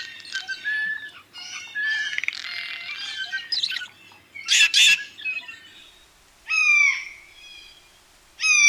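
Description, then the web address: Blue jay calls: a jumble of squeaky, scratchy notes and one harsh burst, then two separate nasal, downslurred calls. North America; listed among common western species. "Songs of Birds of North America Know Your Bird Sounds. Blue Jay"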